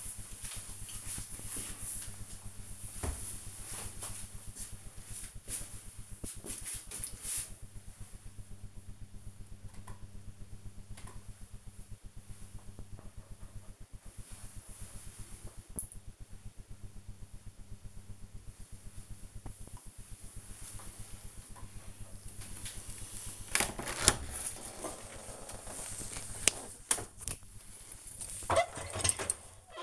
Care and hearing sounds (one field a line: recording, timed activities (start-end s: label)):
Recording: household activities, microphone on the right wrist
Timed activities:
21.27-29.83 s: cleaning out the dishwasher